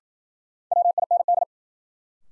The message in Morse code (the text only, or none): WIND